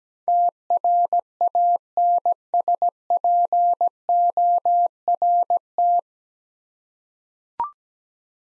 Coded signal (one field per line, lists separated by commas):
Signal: Morse code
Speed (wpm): 17 wpm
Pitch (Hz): 700 Hz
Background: none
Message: TRANSPORT